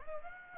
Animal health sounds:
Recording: mosquito wingbeat signal from an infrared sensor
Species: Aedes aegypti

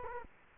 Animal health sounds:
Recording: mosquito wingbeat signal from an infrared sensor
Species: Culex quinquefasciatus

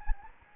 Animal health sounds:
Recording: mosquito wingbeat signal from an infrared sensor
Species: Anopheles gambiae

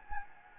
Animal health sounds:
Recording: mosquito wingbeat signal from an infrared sensor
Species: Anopheles gambiae

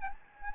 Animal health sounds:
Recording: mosquito wingbeat signal from an infrared sensor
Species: Anopheles gambiae

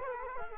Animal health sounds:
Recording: mosquito wingbeat signal from an infrared sensor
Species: Culex quinquefasciatus

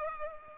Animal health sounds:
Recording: mosquito wingbeat signal from an infrared sensor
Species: Culex pipiens

